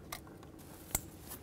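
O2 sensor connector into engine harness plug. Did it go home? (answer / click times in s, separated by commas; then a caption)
yes / 1.0 s. On a 2009-2019 Ford Flex, the plastic O2 sensor connector at the back of the engine is pushed into the engine harness plug, giving a sharp click at 0.95 s, with fainter ticks around 0.1 s and 1.4 s. The connector is confirmed seated.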